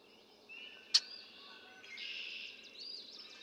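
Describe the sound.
Red-winged blackbird gives a single sharp check note, then a short buzzy, rasping phrase, amid faint whistles from other birds.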